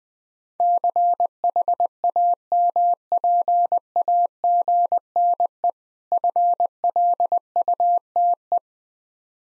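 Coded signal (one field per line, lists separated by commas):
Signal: Morse code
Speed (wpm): 20 wpm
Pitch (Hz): 700 Hz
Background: none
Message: CHAMPAGNE FLUTE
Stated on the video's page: Morse practice drill of difficult words at 20 wpm, speed-racing format with contextual hints.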